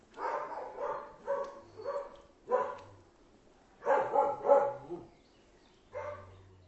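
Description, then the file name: Dog barks in short series: four quick barks, a pause, a single bark, then a three-bark burst and one last bark. Ten dogs barking. "10 Hunde Bellen"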